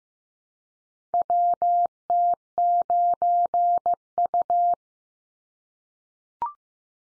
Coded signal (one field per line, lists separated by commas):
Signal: Morse code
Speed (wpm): 15 wpm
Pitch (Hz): 700 Hz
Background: none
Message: WT9U